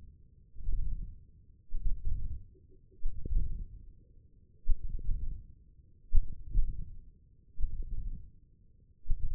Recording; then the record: forearm muscle sounds (acoustic myography)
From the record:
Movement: tripod grip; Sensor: system 1, eight BSWA MPA416 microphones around the upper forearm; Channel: 4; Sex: male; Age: 20 years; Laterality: left